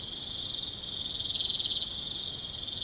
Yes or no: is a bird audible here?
no